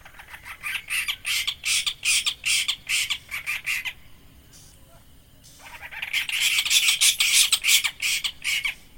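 Bird calls, harsh rapid squawking notes repeated about three times a second in two long bursts, broken by a brief quiet gap.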